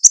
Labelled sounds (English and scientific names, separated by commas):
Connecticut Warbler (Oporornis agilis) flight call